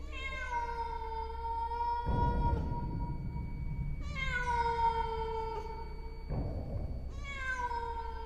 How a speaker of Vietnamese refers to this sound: Không biết từ bao giờ ở đó xuất hiện lù lù một con mèo lông trắng nhìn chằm chằm vào buồng ngủ. Con mèo đứng đó, đôi mắt cứ lập lòe nhìn vào trong, rồi bất giác kêu lên những tiếng ai oán.